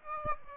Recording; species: mosquito wingbeat signal from an infrared sensor; Aedes aegypti